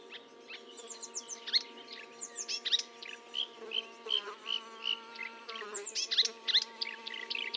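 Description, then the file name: Marsh warbler song, a fast varied chatter of slurred whistles, ticks and buzzy notes, over a steady low droning hum like a buzzing insect. Recorded at Fontaine-Française, Fourneau, on 1 June 2022 at 10:55, using a Nagra recorder with a Telinga parabolic microphone. "Rousserolle verderolle 1055 Fontaine-Francaise-Fourneau"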